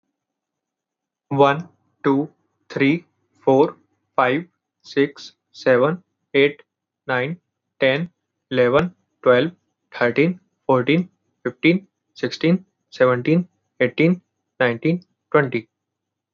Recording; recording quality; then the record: counting at a normal pace; moderate, slight background noise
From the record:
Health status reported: healthy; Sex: male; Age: 19 years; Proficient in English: yes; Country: India